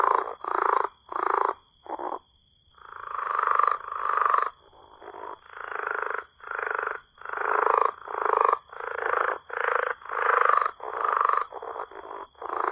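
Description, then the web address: Rio Grande Leopard Frog call, a long series of guttural, chuckling croaks in quick bursts, nearly continuous with brief gaps, over a thin high steady tone. North America. "Songs of Frogs Toads of North America. Rio Grande Leopard Frog"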